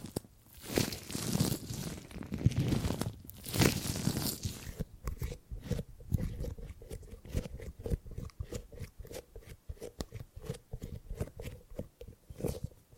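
Gripping and grabbing sounds, beginning with about five seconds of dense, bright rustling and crinkling in uneven surges. After that the handling turns into a rapid string of short, separate grabs and taps, roughly several per second, lower and drier, continuing to the end.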